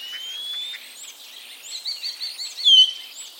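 Common starling making thin high whistles, some drawn out and some falling, with quick clicking notes and one louder slurred whistle near the end.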